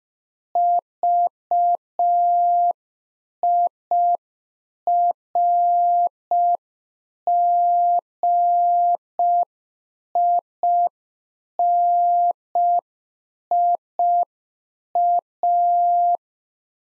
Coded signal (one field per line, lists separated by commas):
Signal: Morse code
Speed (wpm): 5 wpm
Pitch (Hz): 700 Hz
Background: none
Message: VIRGINIA